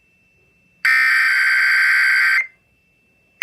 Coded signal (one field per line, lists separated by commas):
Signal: Emergency Alert System (SAME) tones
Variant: header bursts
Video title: KDKA EAS Test Online [EAS #369]